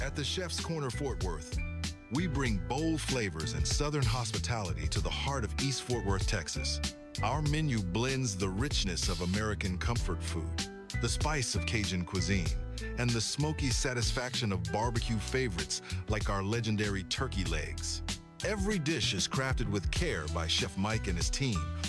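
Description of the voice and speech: A single adult man reads a restaurant advertisement in a smooth, fluent, evenly paced voice over a steady music bed. Articulation is clear, with no hoarseness, repetitions or slurring. This is ordinary, normal speech.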